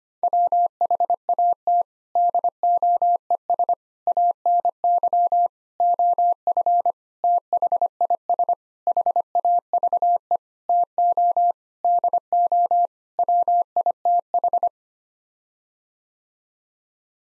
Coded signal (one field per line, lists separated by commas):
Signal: Morse code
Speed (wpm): 25 wpm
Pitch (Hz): 700 Hz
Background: none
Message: WHAT DOES ANY OF THIS HAVE TO DO WITH